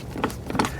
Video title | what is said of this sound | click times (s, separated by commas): Can This 15 Amp Wood Chipper Handle Big Branches? Quick & Easy To Use, Great for Yard Clean-ups | And you'll kind of hear it like click down. | 0.6 s